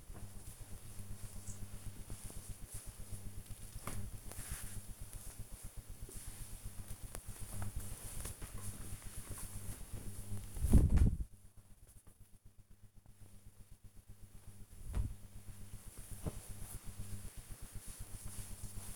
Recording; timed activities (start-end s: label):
household activities, microphone on the right wrist
9.37-18.96 s: folding laundry